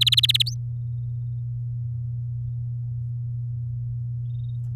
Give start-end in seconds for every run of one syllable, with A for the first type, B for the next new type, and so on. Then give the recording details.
0.01-0.43 A, 0.46-0.54 B. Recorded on 7 May 2018 at 13:21. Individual llb16